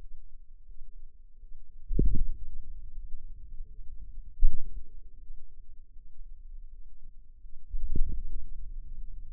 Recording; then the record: forearm muscle sounds (acoustic myography)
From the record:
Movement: ulnar deviation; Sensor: system 2, bracelet of six BSWA MPA416 microphones around the upper forearm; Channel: 5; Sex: female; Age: 23 years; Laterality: right